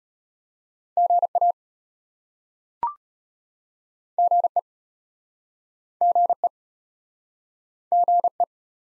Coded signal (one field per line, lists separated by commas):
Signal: Morse code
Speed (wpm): 33 wpm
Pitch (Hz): 700 Hz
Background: none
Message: GA GE GE GE